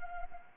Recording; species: mosquito wingbeat signal from an infrared sensor; Anopheles gambiae